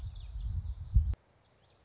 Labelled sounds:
Common Yellowthroat
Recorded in Sonoma County, California

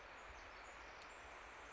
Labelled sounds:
Pacific Wren
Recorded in Sonoma County, California

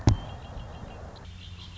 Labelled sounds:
Red-winged Blackbird
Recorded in Sonoma County, California

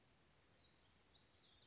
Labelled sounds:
Black-throated Gray Warbler
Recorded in Sonoma County, California

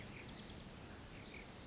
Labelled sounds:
Pacific Wren
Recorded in Sonoma County, California

